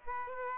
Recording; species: mosquito wingbeat signal from an infrared sensor; Aedes aegypti